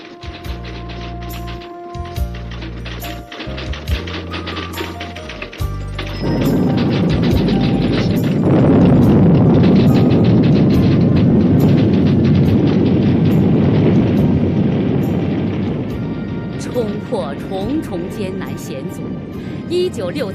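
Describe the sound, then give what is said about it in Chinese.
A few seconds of low, stepped musical notes give way to the deep, roaring rumble of China's first hydrogen bomb exploding at Lop Nur on 17 June 1967, which stays loud for about ten seconds before slowly fading. “1967年6月17日，中国第一颗氢弹终于在罗布泊爆炸成功。”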